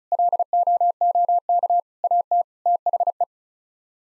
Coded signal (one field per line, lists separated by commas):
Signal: Morse code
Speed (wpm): 34 wpm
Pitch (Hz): 700 Hz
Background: none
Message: LOOK AT THE